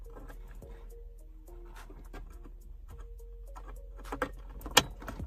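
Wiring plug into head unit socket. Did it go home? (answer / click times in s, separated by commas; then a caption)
yes / 4.8 s. A wiring plug is lined up with the socket on a Tesla-style Android head unit for a Dodge RAM while music plays in the background, with small taps and rattles. It is then pushed home and seats with a loud, sharp click at 4.8 seconds.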